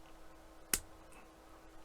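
A tight-fitting D-shaped plastic handle is lined up and pushed onto the elevator motor lever of a U96 U-boat model. After a quiet stretch with a faint steady hum, one sharp, bright snap at 0.7 s marks the handle seating onto the lever, and then the hum continues.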